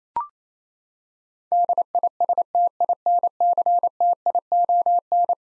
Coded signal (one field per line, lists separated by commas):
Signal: Morse code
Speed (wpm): 28 wpm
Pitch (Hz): 700 Hz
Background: none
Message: DISTINCTION